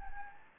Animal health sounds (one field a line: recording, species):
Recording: mosquito wingbeat signal from an infrared sensor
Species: Anopheles gambiae